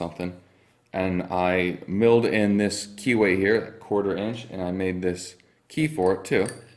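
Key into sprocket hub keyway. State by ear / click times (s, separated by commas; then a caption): not seated / none. Someone talks while a homemade key is pushed into the keyway of a drive sprocket hub part, with a short knock heard under the speech. The key slides in, but nothing has seated or clicked yet.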